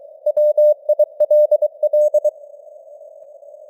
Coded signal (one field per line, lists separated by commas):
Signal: Morse code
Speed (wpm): 23 wpm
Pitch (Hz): 600 Hz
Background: none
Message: WILL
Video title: Morse Code News | 2026-01-05 | 23wpm